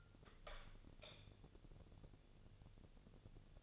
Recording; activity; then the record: daily activity, microphone in the room; light on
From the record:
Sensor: 4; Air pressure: 1000.9 hPa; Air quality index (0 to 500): 126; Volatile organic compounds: 1 ppm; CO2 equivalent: 946 ppm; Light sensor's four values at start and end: 34/83/35/38 and 37/93/38/42